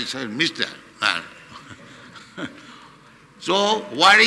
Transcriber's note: laughs